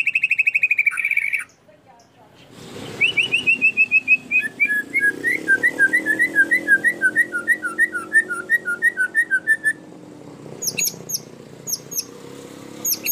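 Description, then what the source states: Canary song: a sustained whistled note, then a fast run of repeated chirps near one pitch, about three per second, ending in sharp high notes; a faint low hum underneath. Canary song intended as master audio for training birds.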